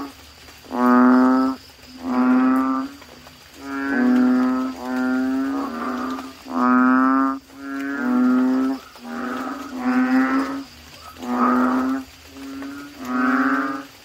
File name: suara kodok bangkong